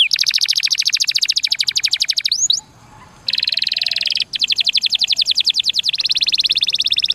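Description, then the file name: Atlantic canary song: rapid high trills changing speed, a short gap, then a harsh buzzy roll and more quick repeated notes. Song in the cengkok mewah (ornate) style. "suara kenari cengkok mewah"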